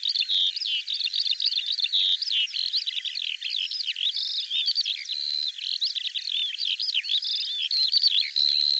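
Bird song, dense and warbling, with overlapping high chirps, sweeping whistles and a few steady tones, flowing almost without gaps.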